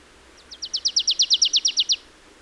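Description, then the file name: Marsh tit, one brisk series of about thirteen high, slurred notes rising in loudness before ending cleanly. "Poecile palustris"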